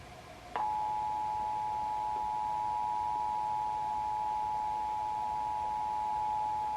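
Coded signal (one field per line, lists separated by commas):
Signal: Emergency Alert System (SAME) tones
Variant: 853 and 960 Hz attention tone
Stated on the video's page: Compilation of the 2021 National Periodic Test.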